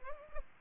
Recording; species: mosquito wingbeat signal from an infrared sensor; Aedes aegypti